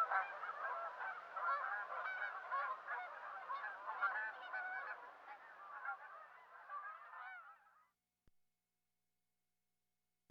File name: dan-gibson canada-goose